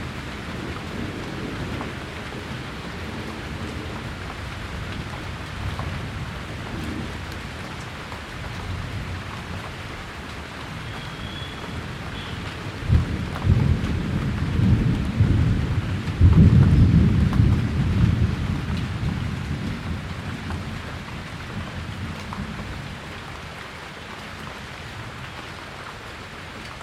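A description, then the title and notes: Steady rain hisses throughout a rainforest thunderstorm, with a deep rumble of thunder swelling around the middle, from about 13 to 20 seconds, then easing. Thunderstorm in the rainforest. N the Congo basin rainforest, you can feel a thunderstorm long before it makes contact. The jungle is hot, humid and oppressive until the storm unleashes.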